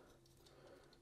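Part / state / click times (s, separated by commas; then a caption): robot toy panel into its torso slot / seated / 0.5 s, 0.9 s. Plastic arm panels of a transforming robot toy are snapped into their torso slot, where a small metal bump secures them. Two short, faint clicks sound at 0.5 s and 0.9 s over a low steady hum as the panels seat in place.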